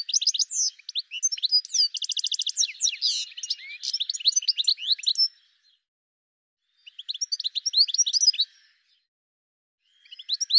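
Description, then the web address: Bird singing a rapid, high jumble of chirps, slurred whistles and quick trills, then falling silent and resuming in shorter bursts. "cianscape birddata Deverinetal 2025 Bird Ca Ca Ca Ca"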